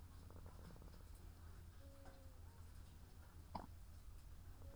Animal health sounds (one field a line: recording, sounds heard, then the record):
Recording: poultry house recording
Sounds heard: sick chickens (respiratory disease)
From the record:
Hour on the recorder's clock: 14